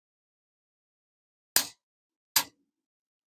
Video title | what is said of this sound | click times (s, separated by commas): How to Properly Use a Torque Wrench (Click Type) 2024 | one steady Motion One Click now you heard it when it clicked back that's just | 1.6 s